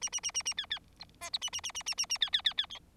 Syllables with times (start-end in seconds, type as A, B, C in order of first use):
0.01-0.09 A, 0.12-0.20 A, 0.23-0.31 A, 0.34-0.43 A, 0.45-0.54 A, 0.57-0.66 B, 0.70-0.79 B, 0.99-1.04 C, 1.21-1.30 D, 1.33-1.38 C, 1.41-1.50 A, 1.52-1.60 A, 1.63-1.72 A, 1.74-1.82 A, 1.86-1.94 A, 1.97-2.06 A, 2.09-2.18 A, 2.21-2.30 B, 2.32-2.42 B, 2.44-2.54 B, 2.57-2.66 B